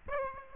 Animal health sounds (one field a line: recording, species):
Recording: mosquito wingbeat signal from an infrared sensor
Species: Aedes aegypti